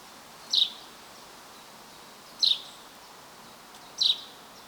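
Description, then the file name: Common chaffinch giving three brief, bright high call notes at intervals of about one and a half to two seconds, with constant faint hiss behind. "Fringilla coelebs"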